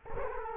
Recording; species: mosquito wingbeat signal from an infrared sensor; Culex quinquefasciatus